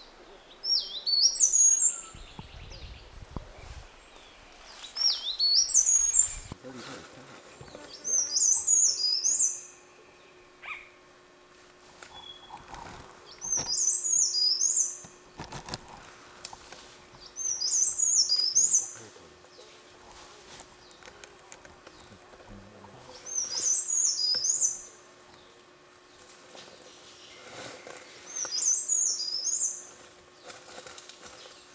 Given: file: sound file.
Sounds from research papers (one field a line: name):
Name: Rote Leaf Warbler Song